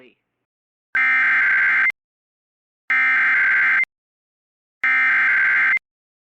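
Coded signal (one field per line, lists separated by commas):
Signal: Emergency Alert System (SAME) tones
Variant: header bursts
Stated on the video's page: Valid EAS tones for two Special Marine Warnings and an Evacuation Immediate alert.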